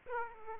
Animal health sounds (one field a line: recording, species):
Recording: mosquito wingbeat signal from an infrared sensor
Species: Aedes aegypti